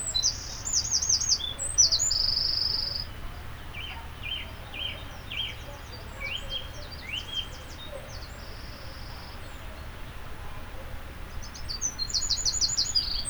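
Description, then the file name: Eurasian wren song: bursts of very high, rapid trills and a thin buzzy rattle, with scattered sharp chirps below and a steady low rumble throughout. "Troglodytes troglodytes"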